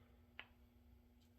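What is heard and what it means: A fuel injector return rail fitting is pushed onto the top of a diesel injector until it snaps home. A single sharp click sounds at 0.4 s over a steady low hum, and the fitting is seated.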